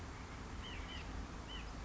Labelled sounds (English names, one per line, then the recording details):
White-breasted Nuthatch
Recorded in Sonoma County, California